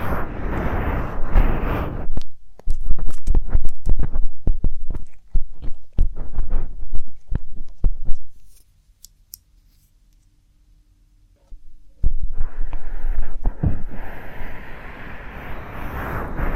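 Inner ear and ear drum stimulation sounds: a dense, rumbling rustle opens, then gives way to a run of sharp, irregular clicks and pops for several seconds. After a near-silent pause with a faint low hum, the thick rustling returns and continues to the end.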